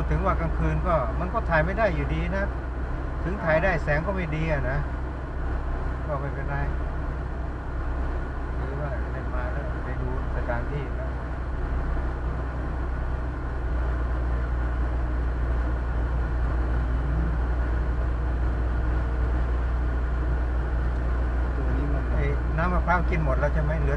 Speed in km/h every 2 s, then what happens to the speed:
66, 66, 66, 66, 64, 65, 65, 63, 65, 67, 67, 65.
0-24 steady at about 65.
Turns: none.